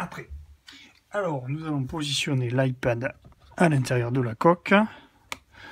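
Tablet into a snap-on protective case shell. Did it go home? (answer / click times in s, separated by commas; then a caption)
yes / 5.3 s. An iPad Pro is pressed into the rigid back shell of a snap-on protective case, its corners snapping in behind the shell's retaining lips, going in effortlessly with a small click each time. Someone talks through most of the clip, and a short sharp click is heard at 5.3 seconds as the tablet seats in the shell.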